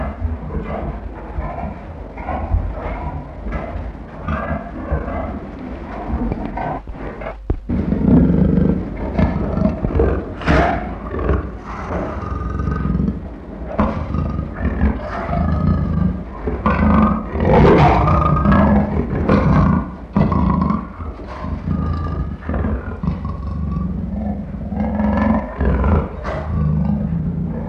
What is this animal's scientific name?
Panthera pardus